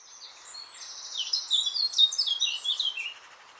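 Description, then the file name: Eurasian blackcap song: a fast, varied warbling phrase of chattering and whistled notes that builds in the middle and trails off after about three seconds. "Sylvia atricapilla"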